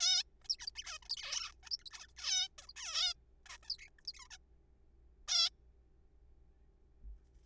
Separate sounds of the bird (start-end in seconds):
0.01-0.23, 0.45-0.48, 0.49-0.56, 0.59-0.67, 0.67-0.70, 0.76-0.84, 0.84-0.98, 1.02-1.04, 1.05-1.09, 1.10-1.16, 1.17-1.52, 1.63-1.69, 1.71-1.77, 1.79-1.84, 1.86-1.90, 1.91-2.06, 2.17-2.48, 2.58-2.66, 2.68-2.72, 2.76-3.14, 3.46-3.57, 3.63-3.77, 3.79-3.90, 3.98-4.00, 4.08-4.12, 4.14-4.28, 4.30-4.37, 5.28-5.49